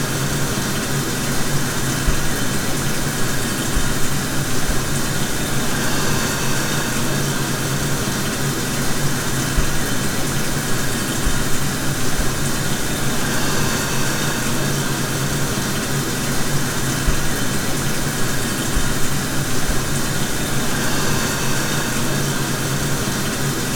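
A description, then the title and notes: A washing machine fills with water in a steady, dense rush that stays at an even level throughout. A low mechanical hum runs underneath, and the hiss shifts slightly every several seconds without ever stopping. Filling the Washer.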